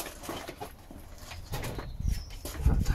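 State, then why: Not seated. A wiring harness electrical connector is pushed onto a coil-on-plug ignition coil pack during an MX5 to Audi R8 coil pack conversion. Soft handling and rustling are heard, with a brief louder bump near 2.5 s and low rumbling toward the end. The connector does not latch, and nothing has clicked yet.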